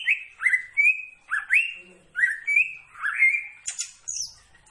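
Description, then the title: Greater green leafbird whistling a series of rising, slurred notes with a few higher squeaky calls toward the end. Singing actively. "Cucak Ijo Gacor"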